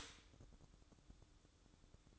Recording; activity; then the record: daily activity, microphone in the room; stop toaster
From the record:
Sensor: 3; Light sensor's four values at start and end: 8/19/8/8 and 8/19/8/8